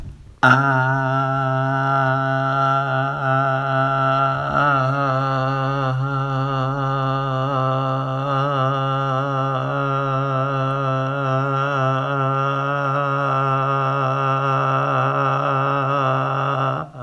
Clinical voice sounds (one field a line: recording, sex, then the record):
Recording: sustained vowel /a/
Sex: male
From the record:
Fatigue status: no fatigue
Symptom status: symptomatic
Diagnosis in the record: COVID-19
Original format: m4a